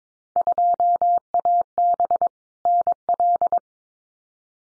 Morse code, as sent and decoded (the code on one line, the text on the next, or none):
..--- .- -... / -. .-..
2AB NL